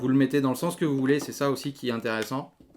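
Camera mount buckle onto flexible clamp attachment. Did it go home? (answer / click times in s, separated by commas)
no / none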